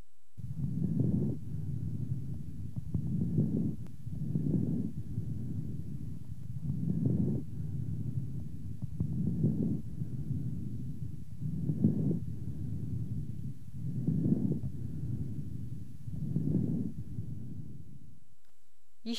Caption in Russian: Влажные, незвонкие, мелкопузырчатые хрипы у пациента с бронхитом. Содержащие воздух альвеолы выполняют роль воздушной подушки, и звуки, возникающие в бронхах, выслушиваются плохо. В этом случае их называют незвонкими влажными хрипами.